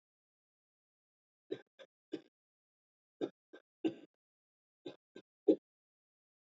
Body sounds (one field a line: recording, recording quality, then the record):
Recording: shallow voluntary cough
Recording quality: excellent, no background noise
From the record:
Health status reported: healthy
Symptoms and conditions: none ticked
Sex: male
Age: 25 years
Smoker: not ticked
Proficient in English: yes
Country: India